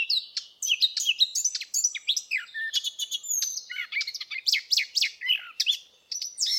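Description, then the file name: Eurasian blackcap singing a hurried, jumbled warble of chirps, slurred whistles and harsher notes. "Sylvia atricapilla"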